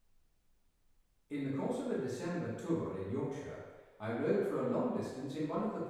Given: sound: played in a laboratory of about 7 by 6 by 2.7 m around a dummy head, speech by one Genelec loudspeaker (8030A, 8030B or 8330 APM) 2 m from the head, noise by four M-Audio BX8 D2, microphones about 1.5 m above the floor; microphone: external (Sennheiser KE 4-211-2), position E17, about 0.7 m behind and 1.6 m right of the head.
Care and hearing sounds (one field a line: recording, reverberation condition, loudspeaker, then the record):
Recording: male speech in English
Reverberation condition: high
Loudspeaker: behind (180 degrees)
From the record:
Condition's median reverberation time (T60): about 1300 ms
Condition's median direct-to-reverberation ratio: about -4.0 dB